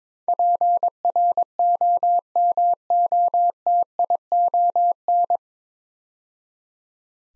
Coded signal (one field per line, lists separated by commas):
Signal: Morse code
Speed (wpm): 22 wpm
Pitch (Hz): 700 Hz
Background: none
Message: PROMOTION